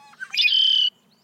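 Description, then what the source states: Red-winged Blackbird song: a few short notes followed by a loud, buzzy trill held for about half a second, then silence. Year-round resident of North America; loudly protests intruders on its territory.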